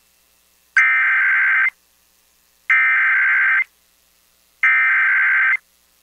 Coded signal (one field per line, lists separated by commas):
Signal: Emergency Alert System (SAME) tones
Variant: header bursts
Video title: THE BIG EASY AIN'T SO EASY HERE... | EAS Alerts from 12/14/2022 (EAS #1580-1623)